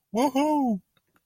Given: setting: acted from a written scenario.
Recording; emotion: vocal sound without words; elation